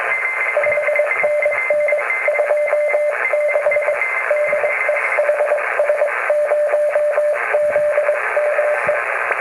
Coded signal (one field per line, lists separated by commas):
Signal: Morse code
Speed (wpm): 23 wpm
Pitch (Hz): 590 Hz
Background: radio noise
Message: 5NN 26 DE HS0ZME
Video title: Lars Lind - HS0ZME | Contest Morse Code Contact with THAILAND Amateur Radio Station